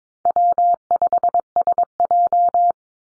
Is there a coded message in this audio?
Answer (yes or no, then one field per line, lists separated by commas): yes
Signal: Morse code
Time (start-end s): 0.3-2.7 s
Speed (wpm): 22 wpm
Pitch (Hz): 700 Hz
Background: none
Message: W5SJ